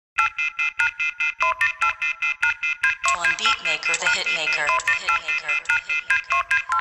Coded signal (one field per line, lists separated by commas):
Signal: telephone call progress tone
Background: speech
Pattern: off-hook warning tone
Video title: Guillateen Mafia Dial Tone